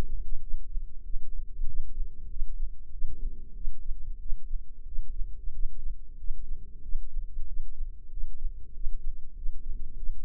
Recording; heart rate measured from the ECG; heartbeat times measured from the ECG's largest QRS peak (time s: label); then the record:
heart sounds by microphone in the right ear; 94 bpm
0.39 s: heartbeat
1.02 s: heartbeat
1.65 s: heartbeat
2.27 s: heartbeat
2.90 s: heartbeat
3.53 s: heartbeat
4.18 s: heartbeat
4.84 s: heartbeat
5.50 s: heartbeat
6.16 s: heartbeat
6.81 s: heartbeat
7.45 s: heartbeat
8.09 s: heartbeat
8.72 s: heartbeat
9.34 s: heartbeat
9.95 s: heartbeat
From the record:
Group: healthy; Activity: rest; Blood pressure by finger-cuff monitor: 107/64 mmHg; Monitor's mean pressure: 77 mmHg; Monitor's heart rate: 94 bpm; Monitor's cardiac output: 8.2 L/min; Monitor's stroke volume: 88 mL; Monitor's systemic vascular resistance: 670 dyn s/cm5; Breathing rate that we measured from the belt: 18 breaths a minute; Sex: male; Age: 19 years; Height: 178 cm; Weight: 83 kg